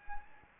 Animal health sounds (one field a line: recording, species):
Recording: mosquito wingbeat signal from an infrared sensor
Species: Anopheles gambiae